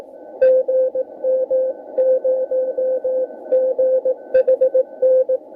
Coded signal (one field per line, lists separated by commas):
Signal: Morse code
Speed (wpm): 18 wpm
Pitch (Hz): 530 Hz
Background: none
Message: GM0GHN